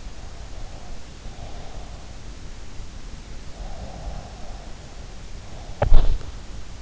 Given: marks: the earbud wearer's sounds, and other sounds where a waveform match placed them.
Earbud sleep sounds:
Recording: sounds in sleep by an in-ear microphone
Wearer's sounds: breath, body movement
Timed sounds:
0.33-2.00 s: breath
3.46-5.03 s: breath
5.34-6.46 s: body movement

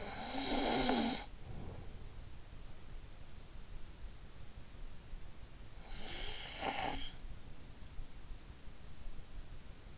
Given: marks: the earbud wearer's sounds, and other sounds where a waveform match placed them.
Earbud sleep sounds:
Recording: sounds in sleep by an in-ear microphone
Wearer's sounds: snoring breath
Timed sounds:
0.00-1.91 s: snoring breath
5.63-7.37 s: snoring breath

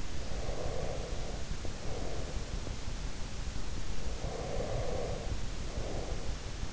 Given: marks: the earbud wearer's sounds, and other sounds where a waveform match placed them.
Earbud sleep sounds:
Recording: sounds in sleep by an in-ear microphone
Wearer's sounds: breath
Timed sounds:
0.00-2.55 s: breath
4.01-6.63 s: breath

